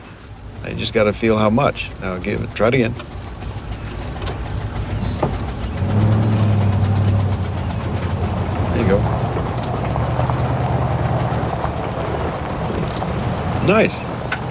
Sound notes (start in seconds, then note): 3.3 soundbite of truck whirring; 9.2 soundbite of truck whirring